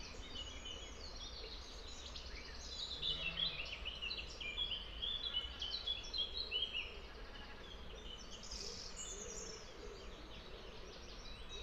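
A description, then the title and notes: Birdsong fills a wooded ravine, with busy chirps and trills scattered high and bright across the whole stretch, thickest in the middle and again near the end. Beneath it runs a steady low wash of flowing water, with no pauses. Forest ravine. This precipitous place, high in the Derbyshire hills, flows with birdsong and fresh moorland water. It's aural presence is made almost entirely of natural things. Below that, the fresh flowing water of Todd Brook, babbling its way shallowly, filling the air with delicate soft white noise. Hear the valley's luscious reverberations.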